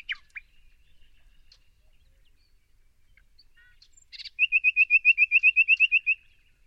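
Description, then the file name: Common nightingale song: scattered soft notes and pauses, then a sudden loud series of many rapid, evenly repeated piping notes. "Luscinia megarhynchos"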